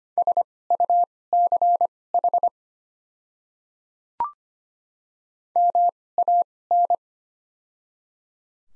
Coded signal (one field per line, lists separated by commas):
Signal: Morse code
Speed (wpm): 25 wpm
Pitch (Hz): 700 Hz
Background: none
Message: SUCH MAN